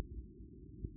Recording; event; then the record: neck accelerometer signal played as sound; no cough (speech, laughter, throat clearing or background)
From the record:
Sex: male